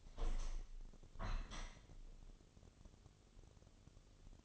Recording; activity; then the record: daily activity, microphone in the room; open window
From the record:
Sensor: 4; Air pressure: 1015.7 hPa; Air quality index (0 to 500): 92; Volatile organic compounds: 2 ppm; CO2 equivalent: 1021 ppm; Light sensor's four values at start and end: 9/20/8/7 and 9/20/8/7